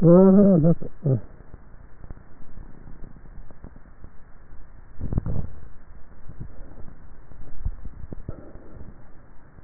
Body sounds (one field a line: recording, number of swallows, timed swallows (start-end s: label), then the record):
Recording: swallowing sounds by neck microphone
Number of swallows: 2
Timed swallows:
4.97-6.40 s: swallow
7.50-8.43 s: swallow
From the record:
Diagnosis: dysphagia